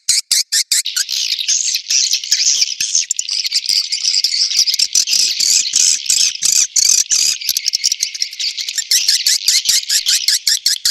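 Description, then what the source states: Swiftlet calls: rapid, sharp, high chirps pulsing about two or three times a second over a continuous shrill twitter. Sound used in swiftlet farming in Asia.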